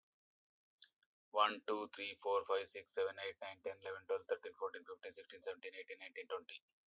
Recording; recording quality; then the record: counting at a fast pace; excellent, no background noise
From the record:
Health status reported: healthy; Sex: male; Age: 41 years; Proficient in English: yes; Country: India